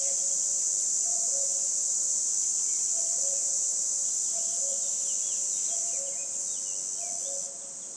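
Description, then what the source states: Red cicada with a loud, unbroken high-pitched buzz, accompanied by a common cuckoo repeating its two-note cu-coo. Recorded 22 June 2020 at 11:10 by a roadside between Luc and Châtillon-en-Diois, France, at the end of spring; full-power cymbalisation; common cuckoo singing; recorded on Nagra LB with MKH20 omni mic.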